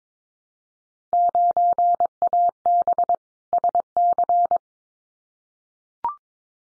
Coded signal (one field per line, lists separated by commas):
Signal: Morse code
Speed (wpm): 22 wpm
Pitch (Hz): 700 Hz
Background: none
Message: 9AB SC